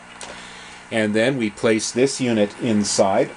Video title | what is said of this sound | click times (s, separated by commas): One-Take Beer Review 16: Draftmark Keg Dispenser | here, so as we turn it, it should snap right in, usually so the label is up. | 0.2 s